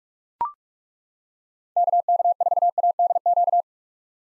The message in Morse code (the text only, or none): KK4ADQ